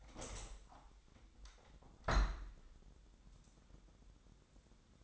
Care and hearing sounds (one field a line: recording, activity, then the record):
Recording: daily activity, microphone in the room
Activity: open window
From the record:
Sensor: 3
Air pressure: 1000.6 hPa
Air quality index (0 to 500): 142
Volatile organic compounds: 2 ppm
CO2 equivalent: 1237 ppm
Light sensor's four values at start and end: 13/34/13/15 and 13/35/14/15